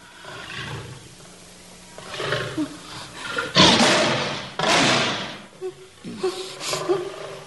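A lion roars in a series of deep, rasping bursts. Softer grunting calls build up to two loud, long roars in the middle, followed by a few shorter, quieter growls.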